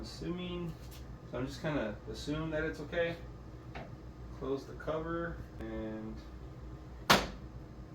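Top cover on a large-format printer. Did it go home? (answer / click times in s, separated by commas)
yes / 7.1 s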